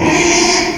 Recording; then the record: squeal of a Yucatan mini pig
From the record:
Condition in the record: after surgery on the right vocal fold (resection and tissue-engineered implant); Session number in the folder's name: 2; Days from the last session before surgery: 13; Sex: male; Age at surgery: 12 weeks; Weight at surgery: 13 kg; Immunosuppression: cyclosporine, prednisolone